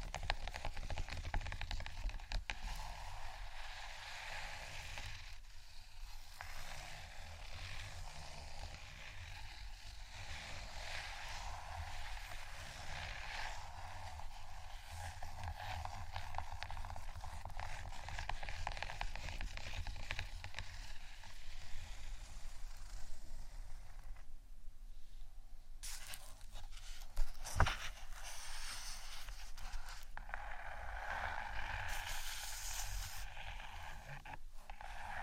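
Gentle scratching and tapping continue for the whole clip at an even level, with a dense, rustling texture and frequent small taps. Brighter scratchy passages come near 25 and 31 seconds, and a single sharper knock lands around 27 seconds over a faint low hum.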